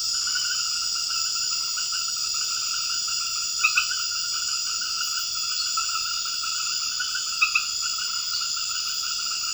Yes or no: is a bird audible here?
no